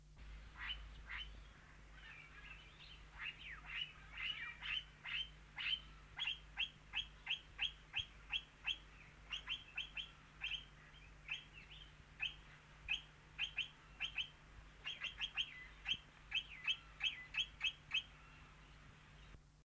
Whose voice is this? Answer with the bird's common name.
Red-winged Parrot